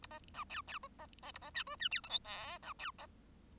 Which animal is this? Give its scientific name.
Lonchura striata domestica